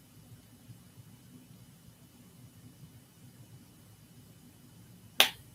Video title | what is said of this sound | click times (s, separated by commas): No-Pour Water Agar Without Pressure Canner or Instapot! (My Final Bacterialogical Cleanup Method!) | All right, you can hear it click click set, right? | 5.2 s